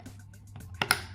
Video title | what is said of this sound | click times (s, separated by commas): Test d'un lot de 6 supports de fixation Nordic Flash pour caméra GoPro | voilà et là ça bouge plus | 0.8 s, 0.9 s